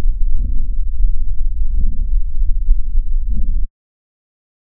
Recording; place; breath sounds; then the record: lung sounds by stethoscope; right posterior upper chest; crackles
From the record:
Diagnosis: bronchitis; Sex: male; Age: 24 years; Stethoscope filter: bell mode, 20 to 200 Hz